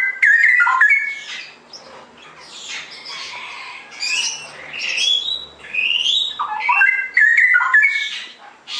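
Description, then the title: Straw-headed bulbul song: rich, fluty warbling with quick rising and falling whistles, coming in lively bursts separated by short lulls. Masteran (song-tutoring) recording for caged birds; the singer is described as ropel gacor, in clear quality. "mster Mnuk. Masteran Burung CUCAK ROWO Kualitas Jernih. Cucak Rowo Ropel Gacor"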